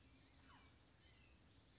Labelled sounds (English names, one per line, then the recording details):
Blue-gray Gnatcatcher
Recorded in Sonoma County, California